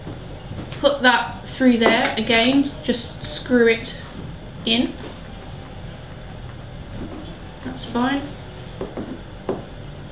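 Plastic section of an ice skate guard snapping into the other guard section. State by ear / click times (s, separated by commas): seated / 9.5 s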